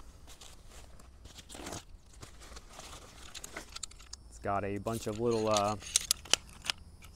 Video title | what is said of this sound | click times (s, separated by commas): A simple camping & overlanding setup that fits in the bed of a Tacoma | things and it just all flips out and they all kind of snap into place they have bungee cords that keep them | 6.3 s, 6.7 s